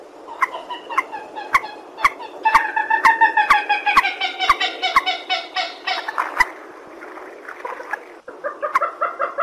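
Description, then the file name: Purple swamphen giving nasal, harmonic honking notes in quick cackling runs that swell midway, with sharp clicks at intervals. "tieng trich re keu"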